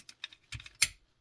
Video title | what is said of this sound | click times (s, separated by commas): Transformers Telemocha Beast Wars Rhinox transformed | till they click into place | 0.2 s, 0.8 s